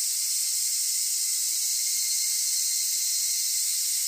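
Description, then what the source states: Large brown cicada song, a continuous sizzling buzz like food frying in oil, holding steady with no breaks. Japanese summer sound; a 'jijijiji' call like food frying in oil, which gives the cicada its name; lives all over Japan; sings at the same time as minminzemi; borrowed Pocket Sound effect.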